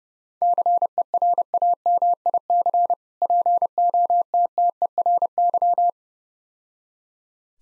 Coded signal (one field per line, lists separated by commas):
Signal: Morse code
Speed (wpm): 29 wpm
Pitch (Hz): 700 Hz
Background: none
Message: CERAMIC POTTERY